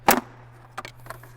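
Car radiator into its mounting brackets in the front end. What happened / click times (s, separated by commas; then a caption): The part is being handled and has not yet clicked home / none. During reassembly of the N63 cooling system on an F01 BMW 750i, done as part of a water pump and thermostat replacement, a car radiator is handled as it is lowered toward its plastic mounting brackets in the front end. A sharp, loud knock of handling noise comes at about 0.1 s, followed by fainter knocks around 0.8 s and 1.1 s over a steady low hum. Nothing has seated or clicked into place yet.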